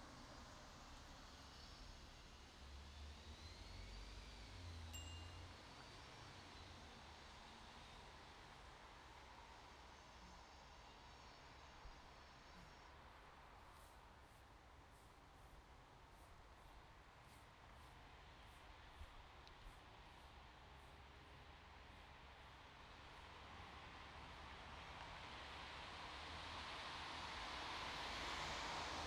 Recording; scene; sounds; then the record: everyday scene through a hearing-aid microphone; in traffic; traffic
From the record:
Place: bus stop on a city main road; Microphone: in the ear canal, right